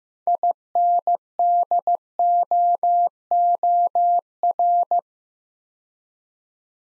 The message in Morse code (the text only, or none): INDOOR